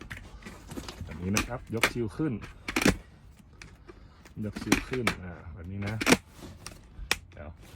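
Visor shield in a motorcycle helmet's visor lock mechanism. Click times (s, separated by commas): 7.1 s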